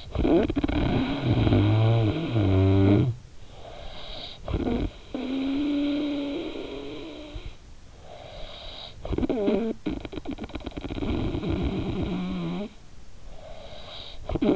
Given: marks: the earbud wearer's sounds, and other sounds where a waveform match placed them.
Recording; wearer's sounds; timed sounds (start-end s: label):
sounds in sleep by an in-ear microphone; snoring breath
0.00-14.55 s: snoring breath